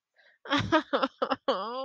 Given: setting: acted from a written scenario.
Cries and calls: vocal sound without words; sadness

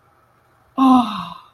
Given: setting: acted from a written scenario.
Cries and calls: vocal sound without words; relief

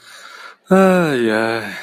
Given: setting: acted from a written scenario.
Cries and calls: vocal sound without words; contentment

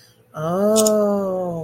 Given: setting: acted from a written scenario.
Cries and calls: vocal sound without words; realization

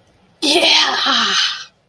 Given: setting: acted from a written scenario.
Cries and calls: vocal sound without words; triumph

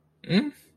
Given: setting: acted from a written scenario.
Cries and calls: vocal sound without words; neutral

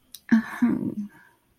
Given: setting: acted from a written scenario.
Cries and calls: vocal sound without words; shame

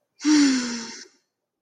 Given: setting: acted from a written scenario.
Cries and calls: vocal sound without words; romantic love

